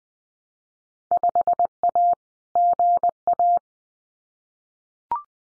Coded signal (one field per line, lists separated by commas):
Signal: Morse code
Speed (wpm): 20 wpm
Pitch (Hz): 700 Hz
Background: none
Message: 5A GA